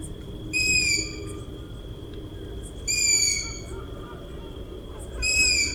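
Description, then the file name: Long-eared owl chicks repeat high squeals roughly every two and a half seconds, with quiet gaps and a steady high-pitched hum in the background. Calls of chicks and an adult female at the nest. "Ushastaya sova - Krik ptencov i samki u gnezda"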